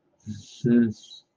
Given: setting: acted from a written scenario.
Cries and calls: vocal sound without words; contempt

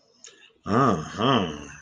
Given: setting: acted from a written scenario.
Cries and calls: vocal sound without words; desire

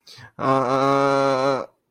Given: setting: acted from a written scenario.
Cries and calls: vocal sound without words; distress

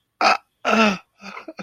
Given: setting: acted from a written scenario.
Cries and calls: vocal sound without words; distress

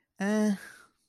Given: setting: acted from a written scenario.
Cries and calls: vocal sound without words; neutral

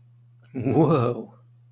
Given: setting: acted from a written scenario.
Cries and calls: vocal sound without words; relief

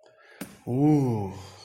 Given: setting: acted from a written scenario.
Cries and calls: vocal sound without words; contentment

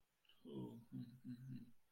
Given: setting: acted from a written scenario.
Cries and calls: vocal sound without words; confusion

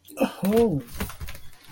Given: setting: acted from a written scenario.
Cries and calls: vocal sound without words; interest

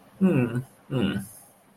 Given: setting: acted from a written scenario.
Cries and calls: vocal sound without words; sadness

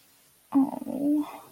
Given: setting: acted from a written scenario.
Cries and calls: vocal sound without words; sadness

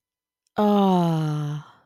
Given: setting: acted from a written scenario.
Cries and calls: vocal sound without words; ecstasy

